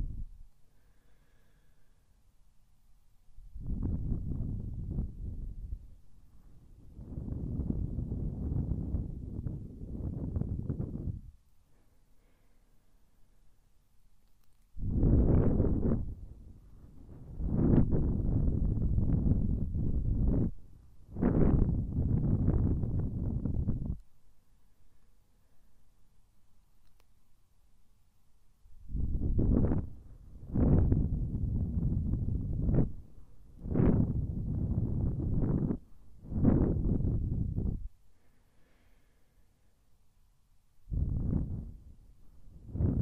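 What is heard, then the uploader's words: Wind buffets the microphone in long, low, rumbling gusts, each lasting several seconds, with near-silent pauses between them. Later bursts come in quicker, choppier pulses with brighter edges, and another gust starts right at the end. Making quiet sounds using the Tascam DR-05 recorder.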